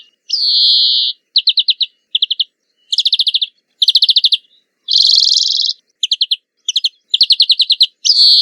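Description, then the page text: European greenfinch song: drawn-out buzzy wheezes alternating with quick rattling trills of repeated notes, delivered in a continuous run with no other sounds. Recorded during a 2021 urban-nature bioblitz walk along the banks of the Adige river in Verona, monitoring biodiversity. "Verdone. una passeggiata e dei bioblitz lungo le rive dell’Adige"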